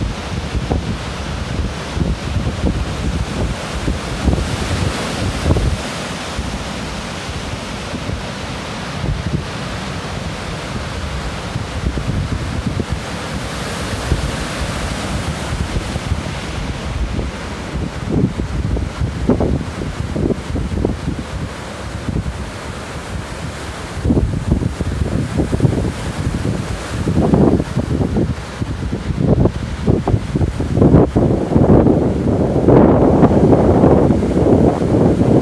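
Wind blows hard across the beach at Sand City, rumbling and buffeting continuously with a dense low roar. Surf washes underneath, and the gusts grow rougher and brighter after about twenty-five seconds, with sharp bursts of wind noise near the end.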